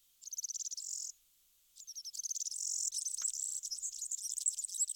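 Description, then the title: European serin song: very high, fast jingling trills in two bursts, the second longer and more tangled, with a short gap between. "Sylvain Jaskowiak - Mes piafs. Serin cini"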